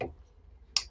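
A lower plastic trim panel of the centre console, clipped into the dashboard below the climate control unit of a BMW F Series (F30, F31, F32, F33, F34), is pried off its retaining clips to reach the screws behind it. After a short faint noise at the start and a quiet stretch, one sharp click at 0.8 s marks a clip letting go, and the panel is released.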